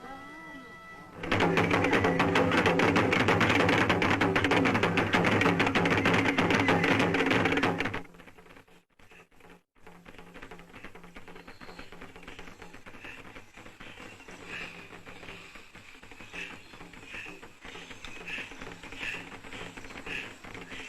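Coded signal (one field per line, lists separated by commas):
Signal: talking drum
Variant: Akan atumpan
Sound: fast continuous drum strokes for about seven seconds, then background murmur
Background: crowd noise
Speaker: this is the message that they are beating out on the talking drums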